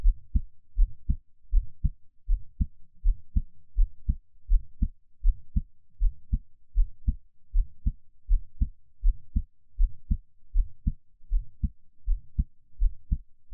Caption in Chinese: 【ASMR】獻上我的心跳 | Give my Heartbeat。 NO Talking。 𝐌𝐲 𝐃𝐞𝐯𝐢𝐜𝐞 3𝐃𝐢𝐨 ⇢ 𝐑𝐨𝐨𝐦 𝐇6 ⇢ 𝐁𝐥𝐮𝐞 𝐘𝐞𝐭𝐢 ⇢ 𝐑𝐨𝐝𝐞 𝐍𝐓5 ⇢ 𝐌𝐢𝐧𝐢 𝐌𝐢𝐜 𝐁𝐄-𝐏1 ⇢ 𝐓𝐚𝐬𝐜𝐚𝐦 𝐃𝐑-40𝐗。